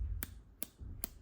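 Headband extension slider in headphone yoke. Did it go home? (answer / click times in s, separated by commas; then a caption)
yes / 0.2 s, 0.6 s, 1.0 s. Three sharp clicks at 0.2, 0.6 and 1.0 seconds come from the plastic and metal headband extension slider in the yoke of Sony WH-XB910N headphones as it is extended step by step. Each click is the slider seating into a notched detent position, and it clicks into place each time. No one talks.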